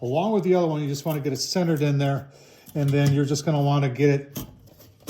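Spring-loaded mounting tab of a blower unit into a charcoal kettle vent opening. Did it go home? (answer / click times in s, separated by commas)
no / none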